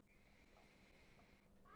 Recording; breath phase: one breath near a microphone; inhalation